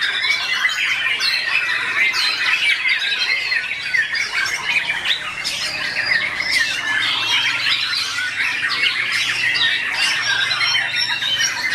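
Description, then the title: Oriental magpie-robin singing nonstop, a busy medley of sweet whistles and scratchy, squawking phrases. "Kicau Kacer"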